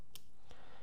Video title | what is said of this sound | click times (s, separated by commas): Start Up Guide Zhiyun Crane M2 // Chung Dha | now it's now locked into place. | 0.2 s